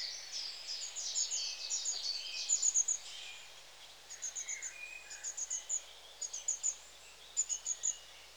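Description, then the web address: Long-tailed tits trill and twitter at first, then give short bursts of high, thin notes in groups of two to four. "The BBC Sound Effects Library. Long Tailed TIT"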